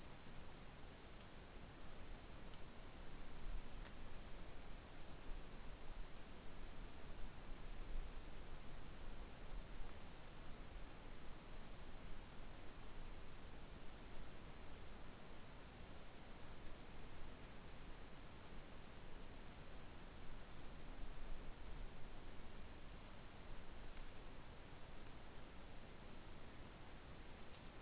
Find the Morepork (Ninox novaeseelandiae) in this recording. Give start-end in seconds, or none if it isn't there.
none